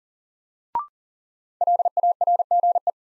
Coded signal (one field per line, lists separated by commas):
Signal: Morse code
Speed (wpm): 37 wpm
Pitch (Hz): 700 Hz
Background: none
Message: LARGE